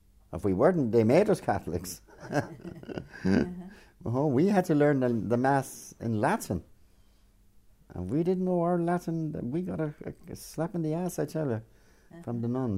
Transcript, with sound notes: If we weren't they made us Catholics! (laughter) We had to learn the, the mass in Latin. And if we didn't know our Latin we got a, a slap in the ass, I'll tell ya, from the nuns.